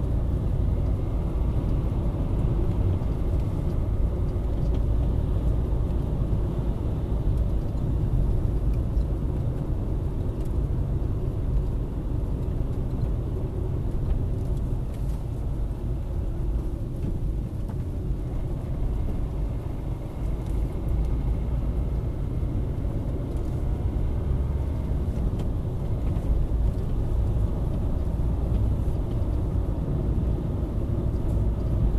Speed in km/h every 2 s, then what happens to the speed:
58, 59, 58, 54, 53, 48, 47, 44, 38, 39, 44, 49, 55, 60, 62, 61.
0-5 steady at about 58. 5-17 slows to 38. 17-26 speeds up to 60. 26-32 steady at about 61.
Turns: 7-13.